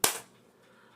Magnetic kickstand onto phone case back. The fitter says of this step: And I heard it click into place and it's in it's